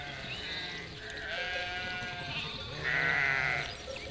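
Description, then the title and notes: Sheep bleating in chorus, long overlapping wavering bleats, one louder bleat standing out near the end. Flock of 467 sheep and lambs, freshly counted by the shepherd, moving and grazing grass and wild garlic in spring at Chindrieux, France; binaural recording with Fostex FR2 LE, recordist travelling by bicycle. "847 Rue de Vars, 73310 Chindrieux, France - Troupeau de moutons. En ce jour de printemps, au beau milieu d'un troupeau de 467 moutons et agneaux. Bêlements en chorale très spacialisée et en mouvement"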